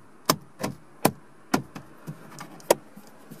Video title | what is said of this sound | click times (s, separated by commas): 4" to 8" Upgrade w/ SYNC 2 - 2015-2018 Ford Mustang | once that snapped back in we'll take this small piece of trim at the end here and put that back in as well | 0.3 s, 1.1 s, 1.5 s, 2.7 s